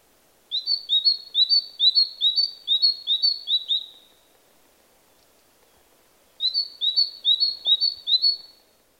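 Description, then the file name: Great tit giving two bursts of ringing two-note phrases, the first about nine repeats long, the second shorter after a two-second gap. "Parus major"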